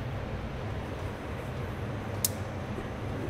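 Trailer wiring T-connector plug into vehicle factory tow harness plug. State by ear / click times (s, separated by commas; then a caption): seated / 2.2 s. A plastic Curt T-connector plug for a trailer wiring harness is lined up tab-to-hump with the factory tow package harness plug on a 2015 GMC Acadia and squeezed together over a steady low rumble. A short, sharp click at 2.3 s shows the plug has seated into a good connection that will not pull apart.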